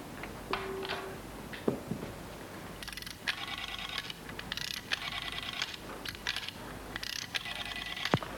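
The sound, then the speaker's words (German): A muffled mechanism inside a wall ticks and ratchets in repeated bursts of dry clicking, steady and fairly soft, with brief pauses between clusters and no voices. “Komisches Geräusch in der Wand. Tickt immer noch.”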